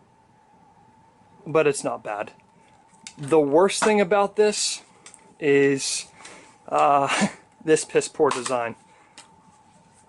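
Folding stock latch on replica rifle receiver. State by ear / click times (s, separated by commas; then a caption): not seated / none. Someone talks while folding the stock of a Double Bell AK74MN (DB-005) airsoft replica rifle to the side against the receiver. The folding stock latch barely engages and fails to catch because of a poor design, so nothing has latched or clicked into place.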